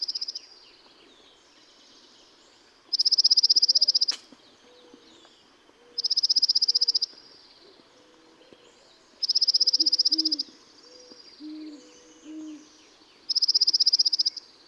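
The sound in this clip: Dark-eyed junco repeating dry, rapid, flat trills every few seconds, with soft low whistled notes between them.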